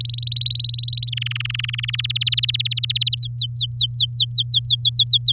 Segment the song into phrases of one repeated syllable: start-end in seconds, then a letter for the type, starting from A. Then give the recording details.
0.00-1.10 A, 1.12-1.96 B, 1.98-3.15 C, 3.17-5.32 D. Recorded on 8 May 2018 at 14:25. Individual llb16